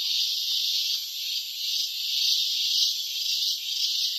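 Cicada song: a continuous shrill buzz that swells and fades in loudness, with no other clear sounds.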